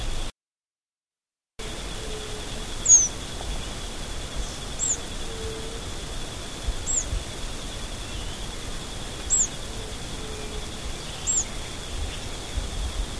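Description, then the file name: Burnished-buff tanager song: faint, very high, thin notes given every two seconds or so against a constant background hiss. "Tangaracayanajmb"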